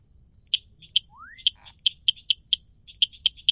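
Tree frog (Dendropsophus rubicundulus): tree frog calling with short, sharp high clicks repeated irregularly every quarter to half second, plus one rising whistled sweep early on over a low background hum.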